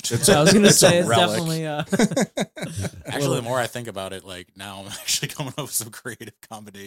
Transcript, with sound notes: I was gonna say, it's definitely, yeah. (laughing)
Actually, the more I think about it, like, now I'm actually coming up with some creative combinations.